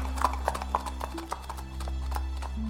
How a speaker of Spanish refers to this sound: Por eso el padre, confiado de que si apretaban el paso la dejarían atrás, tiró de las riendas de su viejo caballo que trotó a marchas forzadas por el estrecho camino.